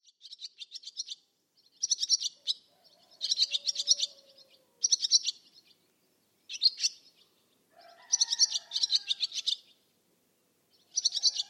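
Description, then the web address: Bird song: bright, buzzy trilled phrases about a second long, repeated after short pauses, with a few softer lower notes in places. "Bird Only"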